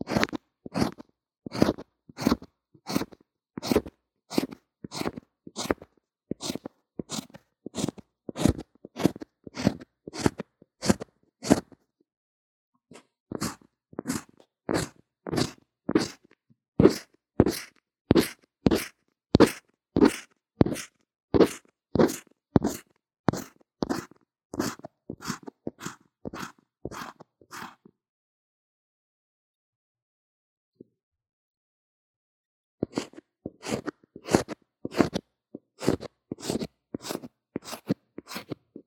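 Scratchy strokes of drawing or makeup application are picked up by a low-quality earphone mic, repeating steadily about twice a second. Each stroke is a sharp, crunchy rasp. The strokes stop briefly near 12 seconds and for several seconds around the 28–33 second mark.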